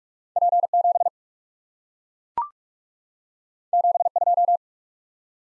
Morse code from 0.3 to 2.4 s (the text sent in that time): P 7